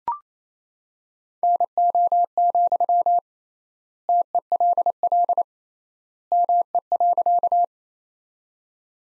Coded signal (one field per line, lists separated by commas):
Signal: Morse code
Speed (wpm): 27 wpm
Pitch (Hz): 700 Hz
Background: none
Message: NO, TELL ME.